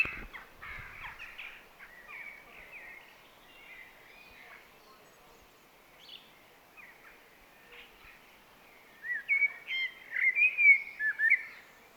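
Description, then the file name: Common blackbird song, quiet warbling whistles for several seconds, then a louder run of fluty notes near the end. "Turdus merula"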